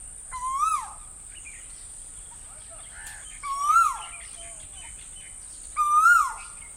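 Bird calls, three rising harmonic notes that fall away at the end, a few seconds apart, with faint scattered chirps and a steady high hum.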